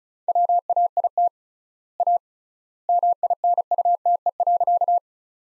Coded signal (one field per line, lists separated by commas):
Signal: Morse code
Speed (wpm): 34 wpm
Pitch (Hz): 700 Hz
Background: none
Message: WAIT A MINUTE.